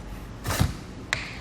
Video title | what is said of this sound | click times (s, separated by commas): etrailer - Hands-On with the Thule UpRide Roof Bike Rack for Fat Bikes | And we can just let it lock into place when you hear that click. | 1.1 s